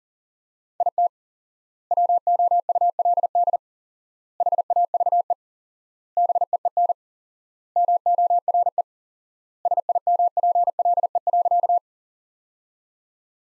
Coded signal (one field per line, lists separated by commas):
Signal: Morse code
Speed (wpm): 37 wpm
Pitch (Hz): 700 Hz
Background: none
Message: IT WOULD HAVE BEEN MORE SIMPLE.